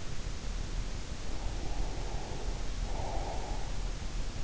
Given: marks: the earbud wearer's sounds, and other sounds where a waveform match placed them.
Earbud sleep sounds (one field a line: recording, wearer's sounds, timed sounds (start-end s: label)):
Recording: sounds in sleep by an in-ear microphone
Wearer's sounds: breath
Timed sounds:
1.47-3.84 s: breath